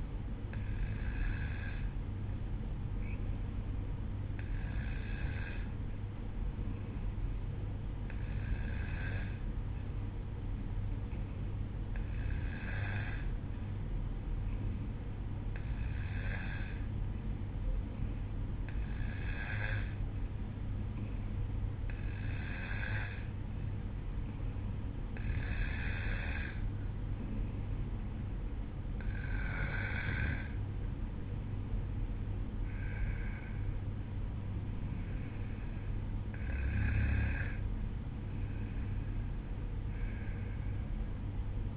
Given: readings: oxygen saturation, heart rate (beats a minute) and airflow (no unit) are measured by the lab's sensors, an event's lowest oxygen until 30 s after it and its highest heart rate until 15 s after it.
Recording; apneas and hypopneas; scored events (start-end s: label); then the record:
breathing in sleep by a smartphone at the bedside; none
none scored
From the record:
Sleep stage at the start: N1 (lightest sleep); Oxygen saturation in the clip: 92 to 93%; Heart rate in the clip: 55 to 58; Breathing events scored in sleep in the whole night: 305 in 9.6 hours asleep